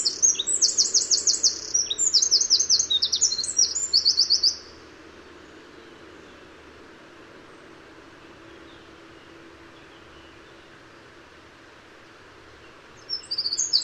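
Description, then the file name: Eurasian wren song: a burst of shrill rapid trills for about four seconds, then a long quiet pause before another high song begins near the end. "Troglodytes troglodytes"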